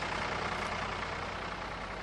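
A tractor engine runs with a steady, low diesel rumble and a broad mechanical hiss, holding an even loudness throughout with no voices present, as the tractor drives off to fetch hay.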